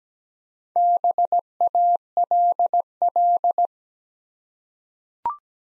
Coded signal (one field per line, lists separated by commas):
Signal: Morse code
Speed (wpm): 17 wpm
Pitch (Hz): 700 Hz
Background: none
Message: BALL